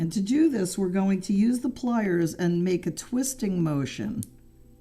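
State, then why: Not seated. Someone talks while handling a metal jump ring with pliers, about to close it with a twisting motion so its ends meet flush in a helm weave chain maille pattern. The clip ends before the ring closes, so the ends have not clicked together yet.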